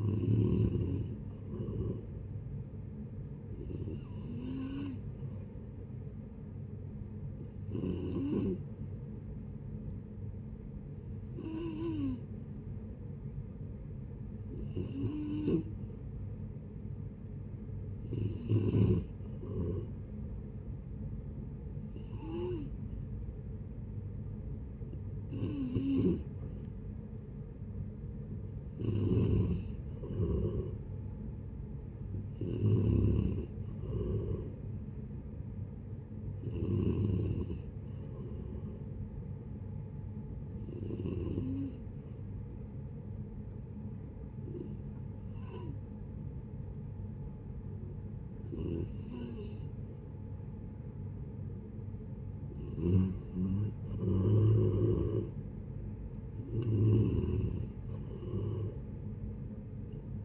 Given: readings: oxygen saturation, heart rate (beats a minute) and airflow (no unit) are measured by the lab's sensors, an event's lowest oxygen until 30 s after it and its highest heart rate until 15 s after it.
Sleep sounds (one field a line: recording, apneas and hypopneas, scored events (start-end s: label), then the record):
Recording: breathing in sleep by a smartphone at the bedside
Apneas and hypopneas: 1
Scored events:
9.00-60.25 s: new sleep stage, N2 (light sleep)
42.00-53.80 s: hypopnea (N2, oxygen 93% highest, then 90% lowest, heart rate 75 at the start, 76 highest)
From the record:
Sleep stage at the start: N3 (deep sleep)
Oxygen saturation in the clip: 90 to 93%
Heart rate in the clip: 69 to 77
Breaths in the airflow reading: 16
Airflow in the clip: -8.1 to 13.8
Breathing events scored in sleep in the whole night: 496 in 5.4 hours asleep